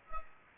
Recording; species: mosquito wingbeat signal from an infrared sensor; Culex pipiens